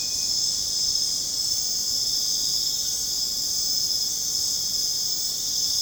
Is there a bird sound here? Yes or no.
no